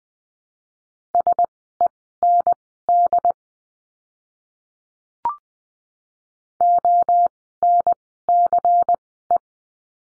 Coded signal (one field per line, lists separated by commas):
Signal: Morse code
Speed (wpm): 20 wpm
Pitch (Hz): 700 Hz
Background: none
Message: SEND ONCE